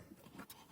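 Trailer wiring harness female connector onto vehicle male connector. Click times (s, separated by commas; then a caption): 0.5 s. The female end of a 4-pin trailer wire harness is lined up and pushed onto the male plastic connector on a 2003–2006 Mitsubishi Outlander. Soft rustling leads to a sharp, bright snap at 0.5 s as the connector seats cleanly in place.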